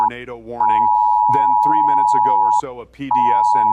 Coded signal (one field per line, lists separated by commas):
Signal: Emergency Alert System (SAME) tones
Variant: 853 and 960 Hz attention tone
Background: speech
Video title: THE MACON TORNADO- A TWC COVERAGE/EAS SCENARIO